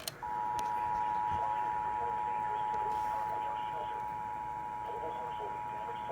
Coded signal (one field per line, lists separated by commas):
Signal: Emergency Alert System (SAME) tones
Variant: 853 and 960 Hz attention tone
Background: speech